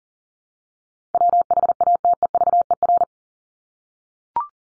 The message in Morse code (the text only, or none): WHATEVER